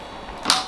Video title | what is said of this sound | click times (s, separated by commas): Cabela's 15'' Commercial-Grade Vacuum Sealer - In use review | you heard the positive click we're going to hit seal only | 0.5 s